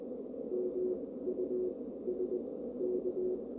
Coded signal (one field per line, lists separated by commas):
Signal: Morse code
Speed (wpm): 20 wpm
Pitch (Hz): 370 Hz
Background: none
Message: MUS K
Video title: KD1JV Tri-Band CW Transceiver Kit